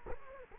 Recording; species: mosquito wingbeat signal from an infrared sensor; Culex quinquefasciatus